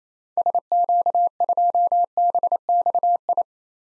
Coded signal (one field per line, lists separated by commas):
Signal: Morse code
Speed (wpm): 28 wpm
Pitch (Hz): 700 Hz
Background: none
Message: SQ2BXI